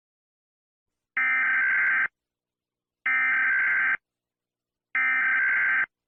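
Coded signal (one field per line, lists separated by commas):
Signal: Emergency Alert System (SAME) tones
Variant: header bursts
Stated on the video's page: Fictional EAS scenario made for entertainment, not a real alert.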